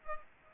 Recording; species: mosquito wingbeat signal from an infrared sensor; Culex pipiens